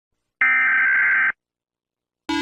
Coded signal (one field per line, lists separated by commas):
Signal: Emergency Alert System (SAME) tones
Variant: header bursts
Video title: Ranking EAS alarms (COMPILATION)